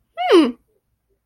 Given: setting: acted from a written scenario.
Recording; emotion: vocal sound without words; pride